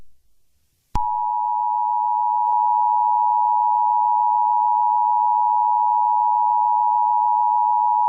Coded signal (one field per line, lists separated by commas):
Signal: Emergency Alert System (SAME) tones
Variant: 853 and 960 Hz attention tone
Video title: EAS Scenario 3: The Thing (300 SUBS SPECIAL!!!)